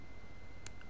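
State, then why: Seated. The metal adjustable airflow control ring on the base of a KangerTech Subtank vape tank (clearomizer) is turned from position 1 to the next setting. It stops in its detent with a small, sharp click at 0.7 s, followed by a fainter tick at 0.8 s over a steady low background hum. The ring is seated in its detent position.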